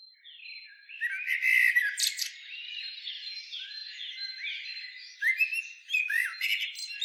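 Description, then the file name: Common blackbird: squawky, scratchy notes with a loud burst early on and another near the end, softer notes between. "Turdus merula"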